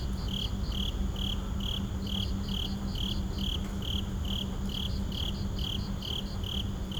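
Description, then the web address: Night insect chorus of regular shrill chirps about every half second, with faster high pulses and a low hum beneath. At night in a suburban park. "boom library Urban and Suburban. Suburban park night insects"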